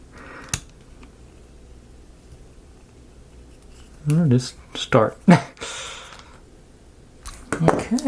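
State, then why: Seated. A small screw is turned backward, in the loosening direction, against the plastic torso of a vintage G.I. Joe action figure being reassembled. Its thread drops into the plastic with a sharp click at 0.5 s, and someone talks afterward. The screw seats into its start.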